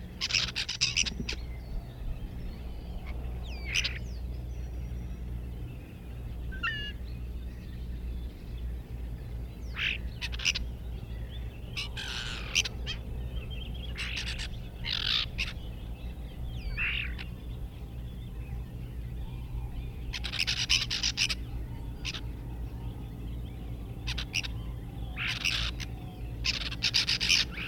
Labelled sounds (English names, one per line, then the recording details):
European Starling
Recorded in the wild
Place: Venz, Insel Rügen, Mecklenburg-Vorpommern, DE
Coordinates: 54.497, 13.302
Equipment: Nagra III BH, Sennheiser MD 21, parabola
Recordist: Schubert, Michael